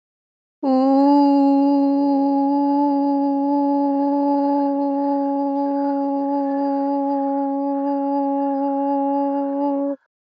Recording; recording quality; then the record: sustained vowel as in boot; moderate, slight background noise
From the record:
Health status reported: healthy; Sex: female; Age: 41 years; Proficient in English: yes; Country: India